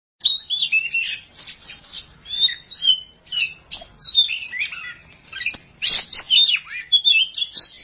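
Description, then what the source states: Oriental magpie-robin song of clear whistled slurs, rising and falling, interspersed with harsh chattering notes in quick succession. Champion bird (kacer juara).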